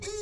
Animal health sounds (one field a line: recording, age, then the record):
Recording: pig call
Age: weaner (32 to 43 days)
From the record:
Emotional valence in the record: negative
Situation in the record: novel object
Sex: female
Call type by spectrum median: low-frequency call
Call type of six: high-frequency stable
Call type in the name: high-frequency stable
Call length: 0.22 s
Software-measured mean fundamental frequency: 444 Hz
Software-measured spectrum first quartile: 388 Hz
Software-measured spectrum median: 1508 Hz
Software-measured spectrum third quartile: 5557 Hz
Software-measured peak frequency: 409 Hz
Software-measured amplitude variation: 102 dB a second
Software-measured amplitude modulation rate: 15.8 a second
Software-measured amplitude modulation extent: 6.5 dB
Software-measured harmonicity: 8.7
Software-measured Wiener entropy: -2.95